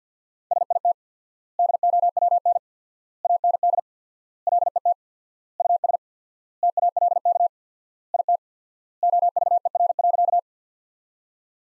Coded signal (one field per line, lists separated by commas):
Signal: Morse code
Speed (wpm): 50 wpm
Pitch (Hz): 700 Hz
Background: none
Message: SIT DOWN AND LET US TALK IT OVER.